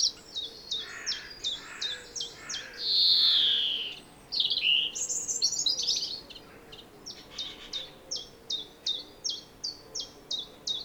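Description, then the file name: European greenfinch: repeated high notes, a drawn-out buzzy wheeze, a twittering run, then the steady high notes again. "Chloris chloris"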